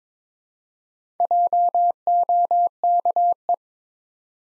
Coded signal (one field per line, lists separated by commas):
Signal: Morse code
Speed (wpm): 22 wpm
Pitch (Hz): 700 Hz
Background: none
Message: JOKE